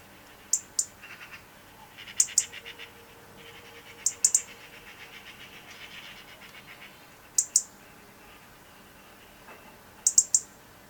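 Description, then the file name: European robin calls, brief very high thin notes, mostly in pairs, repeated every few seconds over a quiet background hiss. "Erithacus rubecula"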